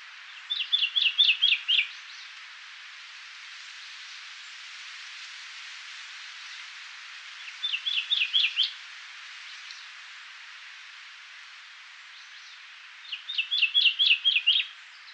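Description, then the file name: Common chaffinch giving three short bursts of rapid, sharp notes, spaced several seconds apart, over steady background hiss. "Fringilla coelebs"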